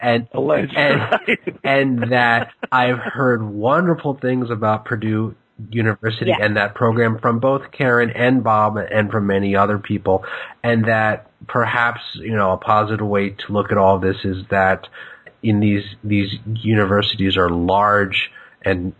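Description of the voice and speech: An adult man speaks in conversation with part-word and word repetitions ('and... and', 'these... these'), a stretched 'm', and hesitant pauses between otherwise fluent phrases. These mild disfluencies fit stuttering in a speaker who stutters.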